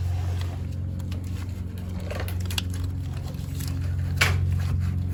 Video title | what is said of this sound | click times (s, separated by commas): Grand Caravan engine rattle. | Bit fiddly, but once you get it, you hear it pop. | 4.2 s